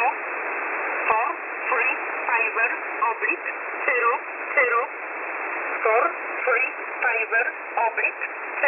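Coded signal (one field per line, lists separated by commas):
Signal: numbers station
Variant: E11 (Oblique)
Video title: E11 number station 5150 kHz USB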